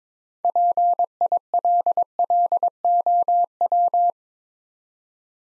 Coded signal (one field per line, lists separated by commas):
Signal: Morse code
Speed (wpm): 25 wpm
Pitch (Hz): 700 Hz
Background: none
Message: PILLOW